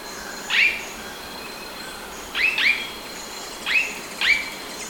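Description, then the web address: Blue-rumped manakin giving brief upslurred chip notes, some paired, repeated irregularly over a constant buzzing insect background. Recorded in Ecuador. "Birds of Ecuador. Blue-rumped Manakin"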